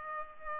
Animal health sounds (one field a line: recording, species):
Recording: mosquito wingbeat signal from an infrared sensor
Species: Culex pipiens